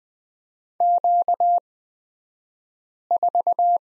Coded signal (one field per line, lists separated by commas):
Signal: Morse code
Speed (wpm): 20 wpm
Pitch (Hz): 700 Hz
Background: none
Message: Q4